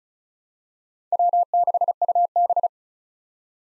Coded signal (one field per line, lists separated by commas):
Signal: Morse code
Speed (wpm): 34 wpm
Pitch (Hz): 700 Hz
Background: none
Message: W6UB